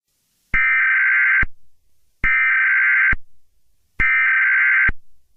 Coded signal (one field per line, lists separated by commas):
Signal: Emergency Alert System (SAME) tones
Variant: header bursts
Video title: EAS Scenario - Red Portal